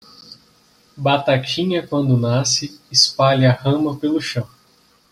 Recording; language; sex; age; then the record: short text; Brazilian Portuguese; male; 20 to 29 years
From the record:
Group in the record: control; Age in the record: 24 years